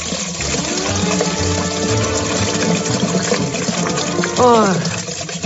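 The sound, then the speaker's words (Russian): Water runs steadily from a washbasin tap onto the floor in a continuous, even splashing hiss, with a short rising tonal squeal cutting in near the end. “Из рукомойника на пол веселыми струйками бежала вода.”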